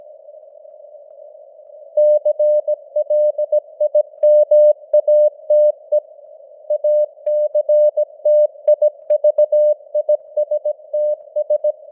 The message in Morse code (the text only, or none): CLIMATE ACTIVISTS